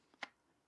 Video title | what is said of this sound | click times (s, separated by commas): Urban Carry LockLeather Holster! Kydex Retention Meets Leather Comfort | all right so you can hear that little bit of a click it's not going to be like a kydex snap | 0.2 s